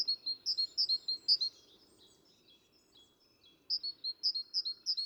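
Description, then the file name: Great tit repeating a bright high-low two-note phrase in a rapid series, falling silent for about two seconds, then starting the same phrase series again. "Parus major"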